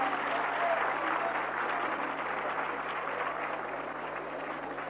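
An audience applauds steadily for the school teams reaching the semifinals of a quiz competition, a dense wash of many hands clapping at once that holds a fairly even level throughout before easing off slightly near the end.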